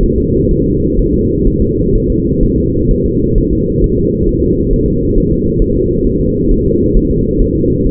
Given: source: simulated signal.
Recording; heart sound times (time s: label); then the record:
fetal heart sounds
0.03 s: S1
0.18 s: S2
0.51 s: S1
0.66 s: S2
0.99 s: S1
1.14 s: S2
1.47 s: S1
1.62 s: S2
1.95 s: S1
2.10 s: S2
2.43 s: S1
2.58 s: S2
2.91 s: S1
3.06 s: S2
3.38 s: S1
3.53 s: S2
3.84 s: S1
3.99 s: S2
4.29 s: S1
4.44 s: S2
4.73 s: S1
4.88 s: S2
5.17 s: S1
5.32 s: S2
5.62 s: S1
5.77 s: S2
6.07 s: S1
6.21 s: S2
6.51 s: S1
6.66 s: S2
6.96 s: S1
7.11 s: S2
7.42 s: S1
7.56 s: S2
7.87 s: S1
From the record:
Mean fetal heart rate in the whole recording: 130 bpm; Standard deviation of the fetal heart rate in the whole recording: 4 bpm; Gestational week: 38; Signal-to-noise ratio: -14.7 dB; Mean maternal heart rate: 72 bpm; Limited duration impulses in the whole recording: present